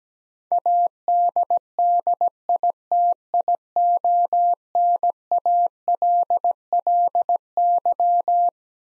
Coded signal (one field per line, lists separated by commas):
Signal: Morse code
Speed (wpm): 17 wpm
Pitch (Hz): 700 Hz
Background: none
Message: ADDITIONALLY